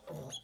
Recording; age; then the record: pig call; piglet (1 to 25 days)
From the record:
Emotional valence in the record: negative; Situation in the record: restrain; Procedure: back test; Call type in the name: low-frequency call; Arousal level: maximum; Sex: male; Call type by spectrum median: low-frequency call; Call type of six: mixed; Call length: 0.44 s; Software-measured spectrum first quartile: 370 Hz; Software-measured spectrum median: 1460 Hz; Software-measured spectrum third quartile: 4287 Hz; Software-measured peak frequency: 530 Hz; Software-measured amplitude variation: 155 dB a second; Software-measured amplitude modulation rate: 18.3 a second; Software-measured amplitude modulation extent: 8.4 dB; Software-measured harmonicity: 3.4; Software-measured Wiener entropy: -3.23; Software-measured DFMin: 1092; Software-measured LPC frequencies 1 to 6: 565, 3332, 4089, 6569, 8427, 9327 Hz